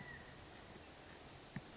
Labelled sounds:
California Quail (Callipepla californica)
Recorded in Sonoma County, California

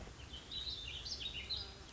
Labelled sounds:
Warbling Vireo (Vireo gilvus)
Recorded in Sonoma County, California

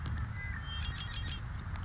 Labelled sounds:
Red-winged Blackbird (Agelaius phoeniceus)
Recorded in Sonoma County, California

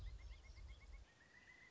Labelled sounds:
Pileated Woodpecker (Dryocopus pileatus)
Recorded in Sonoma County, California

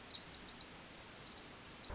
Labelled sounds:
Pacific Wren (Troglodytes pacificus)
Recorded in Sonoma County, California

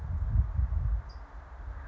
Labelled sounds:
California Towhee (Melozone crissalis)
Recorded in Sonoma County, California

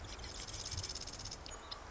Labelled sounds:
Marsh Wren (Cistothorus palustris)
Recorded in Sonoma County, California

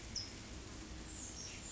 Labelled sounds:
California Towhee (Melozone crissalis)
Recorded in Sonoma County, California

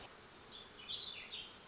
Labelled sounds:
Warbling Vireo (Vireo gilvus)
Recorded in Sonoma County, California

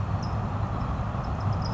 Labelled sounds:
California Towhee (Melozone crissalis)
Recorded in Sonoma County, California

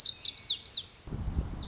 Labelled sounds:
Lazuli Bunting (Passerina amoena)
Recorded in Sonoma County, California

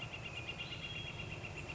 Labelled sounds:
Northern Flicker (Colaptes auratus)
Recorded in Sonoma County, California

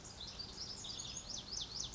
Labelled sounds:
Pacific Wren (Troglodytes pacificus)
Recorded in Sonoma County, California

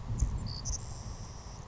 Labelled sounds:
Savannah Sparrow (Passerculus sandwichensis)
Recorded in Sonoma County, California

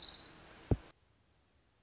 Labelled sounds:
Orange-crowned Warbler (Leiothlypis celata)
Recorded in Sonoma County, California

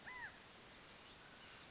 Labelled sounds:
California Quail (Callipepla californica)
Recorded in Sonoma County, California

